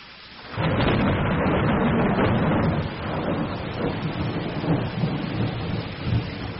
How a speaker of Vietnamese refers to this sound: Tôi nghe tiếng sấm của Sài Gòn khác hẳn với tiếng sấm của miền Bắc. Đã có những hạt mưa lông tông lách tách. Lúc đầu tôi tưởng là tiếng chuột đang gặm gỗ làm tổ ở trong vách nhà, rồi như một đàn chuột chạy đùa đuổi nhau trên mái tôn.